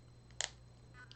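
A plastic bone piece is pressed onto a brick-built Kong figure and snaps into place with a sharp click at 0.4 s, but then comes loose again. A faint tick comes just before, and a softer click follows near 1.1 s over a low steady hum.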